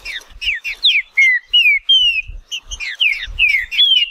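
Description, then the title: Green-winged saltator song: a run of short falling chirps and longer, clear falling whistles, with faint low thumps in the background. Wild bird singing in woodland, competing with a free-living bird; local name trinca-ferro. "Trinca Ferro NICÃ O"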